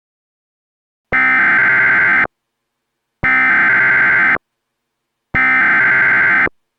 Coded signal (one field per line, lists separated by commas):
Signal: Emergency Alert System (SAME) tones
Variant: header bursts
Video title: The Great Tornado of the Carolina Coast [EAS Scenario]